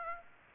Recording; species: mosquito wingbeat signal from an infrared sensor; Aedes aegypti